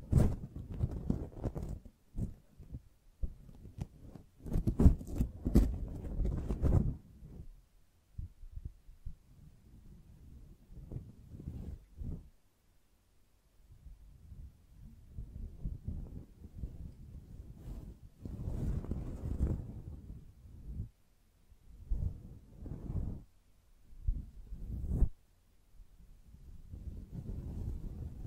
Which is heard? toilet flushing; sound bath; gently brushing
gently brushing